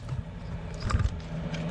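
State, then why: Not seated. The small plastic cabin air filter access cover door of a Lamborghini Gallardo is lined up with its top fitted into a slot in the car's interior housing, before the bottom is pressed home. Only light plastic contact sounds are heard, with small taps at about 0.1 s and 1.0 s over a low steady hum. Nothing has snapped or clicked into place yet.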